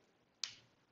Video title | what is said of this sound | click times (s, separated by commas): Take “Leave n Learn” Session 3 Part 1 | lock it in place and there you go ready to go | 0.4 s